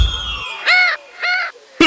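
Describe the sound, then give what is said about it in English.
A parrot sitting in a tree in a forest squawks twice, harsh and nasal, each call lasting about a third of a second with a brief pause between, and a third squawk begins right at the end. “One day, as he was walking through the forest, he saw a parrot sitting on a tree.”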